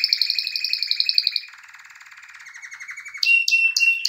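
Canary song of fast, rolling trills, a high bright trill changing to a lower buzzy rattle, then sharp chipped notes at the end.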